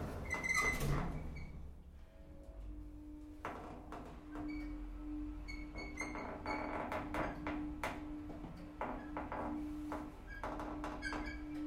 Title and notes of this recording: Elevator in the parking garage at Deutschlandhaus in Essen. The creak of an elevator.